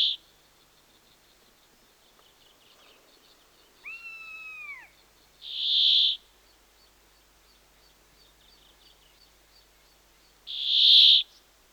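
Brambling buzzing song, a coarse wheezy note repeated roughly every five seconds; a lower, drawn-out call with a downward bend sounds once before the second buzz.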